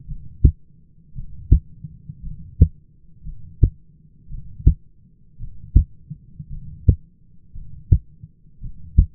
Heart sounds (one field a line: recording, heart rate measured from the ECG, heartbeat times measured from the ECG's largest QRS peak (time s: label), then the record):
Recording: heart sounds by stethoscope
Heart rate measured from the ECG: 56 bpm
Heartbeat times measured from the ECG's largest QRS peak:
0.07 s: heartbeat
1.15 s: heartbeat
2.22 s: heartbeat
3.24 s: heartbeat
4.29 s: heartbeat
5.39 s: heartbeat
6.49 s: heartbeat
7.53 s: heartbeat
8.61 s: heartbeat
From the record:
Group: heart failure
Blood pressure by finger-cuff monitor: 93/53 mmHg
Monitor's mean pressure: 64 mmHg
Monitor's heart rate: 58 bpm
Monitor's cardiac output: 6.2 L/min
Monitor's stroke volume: 110 mL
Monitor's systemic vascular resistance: 730 dyn s/cm5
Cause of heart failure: dilated cardiomyopathy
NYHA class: 2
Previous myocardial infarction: absent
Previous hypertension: absent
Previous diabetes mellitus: absent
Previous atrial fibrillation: absent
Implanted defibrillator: absent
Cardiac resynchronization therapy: absent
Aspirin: absent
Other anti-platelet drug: absent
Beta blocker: bisoprolol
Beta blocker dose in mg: 10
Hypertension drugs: sacubitril-valsartan, spironolactone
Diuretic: furosemide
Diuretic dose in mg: 40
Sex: male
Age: 29 years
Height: 174 cm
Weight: 92 kg